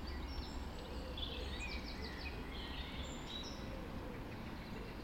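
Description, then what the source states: Birds singing together at dawn, quick high twitters and brief whistled phrases overlapping above a constant low background hum. Dawn chorus recorded just after dawn in the Forest of Dean.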